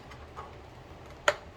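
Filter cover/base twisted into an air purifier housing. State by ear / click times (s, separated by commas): seated / 1.3 s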